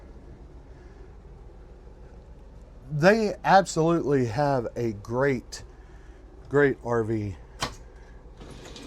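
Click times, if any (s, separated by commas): 7.6 s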